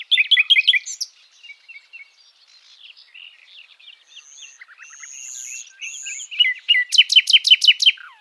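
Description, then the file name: Common nightingale singing a varied phrase: rich chattering notes, a quiet stretch of soft scattered twitters, pure high whistles, then a loud rapid series of sharp repeated clicks ending in a falling note. "Luscinia megarhynchos"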